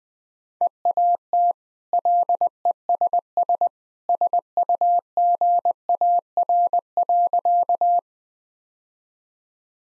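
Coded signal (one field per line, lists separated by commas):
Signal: Morse code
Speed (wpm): 20 wpm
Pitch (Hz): 700 Hz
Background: none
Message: EAT LESS SUGAR.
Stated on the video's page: Morse practice sentences at 20 wpm with contextual hints, part of a copying practice series.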